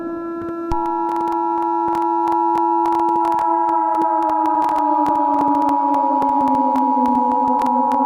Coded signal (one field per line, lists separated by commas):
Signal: Emergency Alert System (SAME) tones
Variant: 853 and 960 Hz attention tone